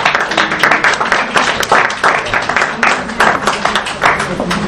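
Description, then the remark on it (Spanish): An audience breaks into spontaneous, sustained applause, a dense, steady patter of many hands clapping at fairly loud level for several seconds without pause. “El aplauso fue espontáneo, como se ve.”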